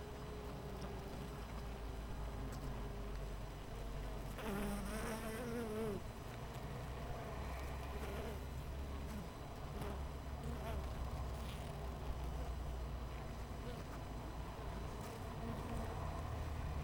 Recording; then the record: honeybee colony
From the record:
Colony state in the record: missing queen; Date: 14 July 2017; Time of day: 7:52